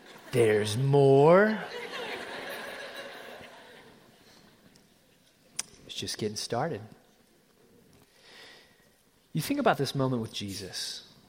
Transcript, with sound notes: There’s more?! (Laughter!) It was just getting started. Think about this moment with Jesus.